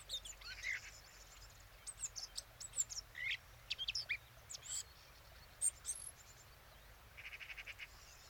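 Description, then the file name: Eurasian blackcap giving scattered high chirps and short notes, with a brief rapid series of notes near the end. "Sylvia atricapilla"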